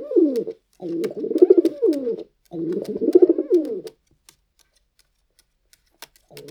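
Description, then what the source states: Pigeon producing a short coo and then two long, bubbling coo phrases, then quiet with a few soft taps before cooing starts again at the end. Pigeon walking while cooing.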